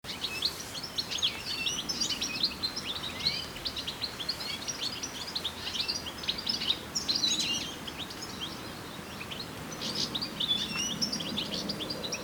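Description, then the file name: European goldfinch calls in a busy, liquid twitter of quick high chirps and trills, nearly continuous, easing slightly midway, with a low rumble in the background. "Carduelis carduelis"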